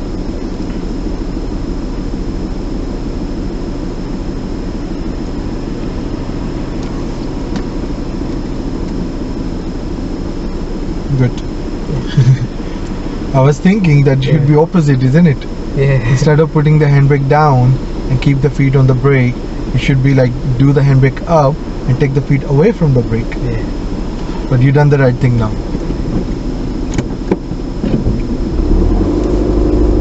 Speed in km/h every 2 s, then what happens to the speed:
0, 0, 0, 0, 0, 0, 0, 0, 0, 0, 0, 0, 0, 0, 10.
0-26 standing. 26-30 pulls away to 10.